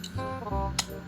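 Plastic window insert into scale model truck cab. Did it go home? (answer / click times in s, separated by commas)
yes / 0.8 s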